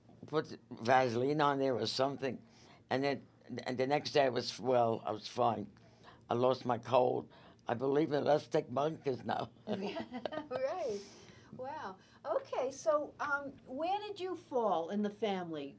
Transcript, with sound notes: put Vaseline on there or something and the-- and the next day I was well, I was fine. I lost my cold. I believe in 'let's take bonkes' now. (Laughs)
(laughs) Ok, well, now where did you fall - in the family?